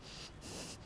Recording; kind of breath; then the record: one breath in and out by a microphone near the nose and mouth; strong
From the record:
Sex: male